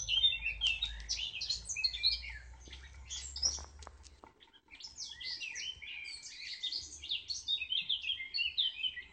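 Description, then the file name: Common nightingale song of rapid high chirps and short trills in two bursts separated by a brief pause, with a low rumble in the first half. "Rossignol"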